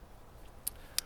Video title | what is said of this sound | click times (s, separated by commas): Joker knives extravaganza unboxing!!! Campero, Trampero, Nessmuk, Rabbit, Erizo and many more!! | show you guys that one more time just a really nice folder it locks in place really good | 0.7 s, 1.0 s